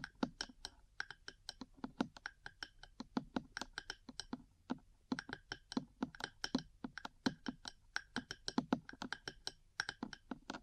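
Metal parts tap in quick, uneven bursts, a dense run of sharp clicks and ticks with a bright ringing edge. The taps come in clusters of several strikes, with brief gaps near four and seven seconds, and a low rumble underneath.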